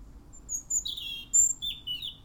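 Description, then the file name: European robin delivering a high, tinkling phrase of short sliding whistles and twitters. "Erithacus rubecula"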